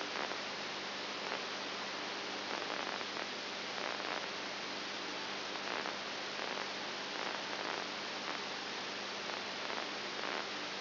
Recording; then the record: brain microelectrode recording played as sound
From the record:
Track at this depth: outside the subthalamic nucleus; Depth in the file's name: 7.1 mm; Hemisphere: right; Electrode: 2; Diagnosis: Parkinson's disease